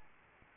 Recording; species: mosquito wingbeat signal from an infrared sensor; Aedes albopictus